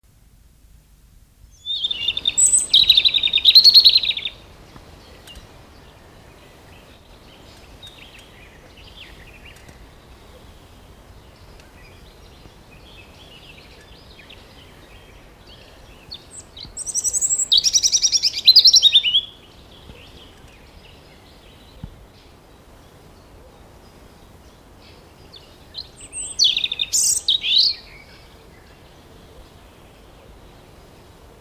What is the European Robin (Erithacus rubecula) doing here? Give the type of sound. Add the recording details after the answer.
song. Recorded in the wild. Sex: male. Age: adult. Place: Mühlenbecker Wald, Brandenburg, DE. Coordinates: 52.6925, 13.3617. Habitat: forest. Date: 1988-06-04 12:41. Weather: overcast, 18-20°C, wind. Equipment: Nagra SN, Kopie Tesla B 116. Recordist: Tembrock, Günter